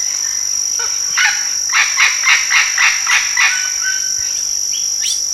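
Bird calls in a short series of several evenly spaced harsh notes, then a few softer sounds, over a constant high-pitched whine.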